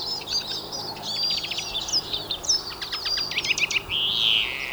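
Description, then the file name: European greenfinch song: continuous jingling trills and chirps, closing with a long buzzy wheeze, soft hiss behind. "Chloris chloris"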